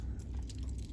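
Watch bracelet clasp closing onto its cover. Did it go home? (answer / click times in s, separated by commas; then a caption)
no / none. A worn, loose metal Rolex watch bracelet clasp is closed by hand onto its cover, giving only faint soft taps and rubbing over a steady low hum. The clasp fails to click shut because its friction has worn loose, and nothing has clicked yet; the fix is to bend the clasp slightly.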